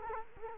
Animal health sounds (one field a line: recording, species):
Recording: mosquito wingbeat signal from an infrared sensor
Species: Culex quinquefasciatus